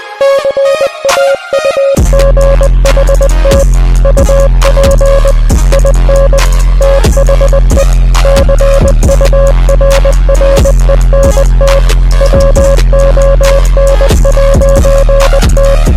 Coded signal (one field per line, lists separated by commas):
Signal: Morse code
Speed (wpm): 20 wpm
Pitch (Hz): 550 Hz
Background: music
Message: CAUGHT UP IN THE CURRENT WON'T